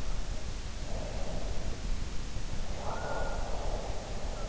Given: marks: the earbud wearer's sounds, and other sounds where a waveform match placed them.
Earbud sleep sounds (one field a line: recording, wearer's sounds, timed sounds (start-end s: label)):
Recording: sounds in sleep by an in-ear microphone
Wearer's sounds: breath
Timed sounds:
0.00-3.87 s: breath